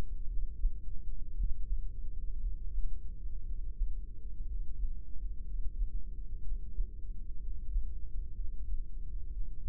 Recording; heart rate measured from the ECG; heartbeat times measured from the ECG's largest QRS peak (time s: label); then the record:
heart sounds by microphone in the right ear; 60 bpm
0.28 s: heartbeat
1.35 s: heartbeat
2.40 s: heartbeat
3.44 s: heartbeat
4.45 s: heartbeat
5.44 s: heartbeat
6.42 s: heartbeat
7.38 s: heartbeat
8.34 s: heartbeat
9.30 s: heartbeat
From the record:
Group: heart failure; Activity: breath hold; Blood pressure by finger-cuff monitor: 97/74 mmHg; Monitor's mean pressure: 80 mmHg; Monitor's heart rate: 59 bpm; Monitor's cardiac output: 4.7 L/min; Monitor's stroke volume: 82 mL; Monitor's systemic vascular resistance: 1260 dyn s/cm5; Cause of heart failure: idiopathic cardiomyopathy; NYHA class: 1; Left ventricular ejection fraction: 50%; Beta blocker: bisoprolol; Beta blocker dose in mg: 5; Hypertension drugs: candesartan, spironolactone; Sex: male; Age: 54 years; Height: 180 cm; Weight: 94.6 kg